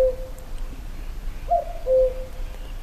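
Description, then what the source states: Common Cuckoo song, a hooted note then a two-note falling cu-coo, slightly higher first syllable, over a steady low hum. Calling again, very loudly, near the corner of a cottage, bird not yet seen; recorded at Luhtlampi, Nastola, Lahti.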